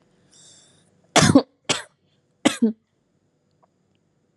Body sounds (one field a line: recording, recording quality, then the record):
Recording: shallow voluntary cough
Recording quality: excellent, no background noise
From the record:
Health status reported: healthy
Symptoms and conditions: none ticked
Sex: female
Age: 25 years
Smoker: not ticked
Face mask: not worn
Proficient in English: yes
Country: India